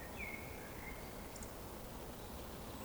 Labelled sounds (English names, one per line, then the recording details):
Eurasian Woodcock whistle
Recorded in Baden-Württemberg, Germany, on 23 June 2020 at 20:08 UTC
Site 14569, 102 m above sea level